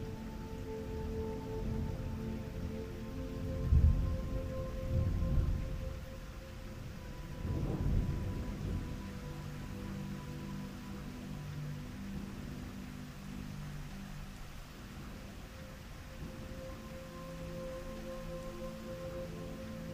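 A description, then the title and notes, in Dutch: Soft music with thunder and rain: sustained low tones and a faint higher note hum steadily beneath a constant hiss of rain. Deep thunder rolls swell in around four seconds and again near eight seconds, then fade, leaving the tones and rainfall. Slaapmuziek met onweer en regen. Zachte klanken op de 1111Hz-frequentie. Met in de natuur opgenomen geluiden van onweer en zachte regen.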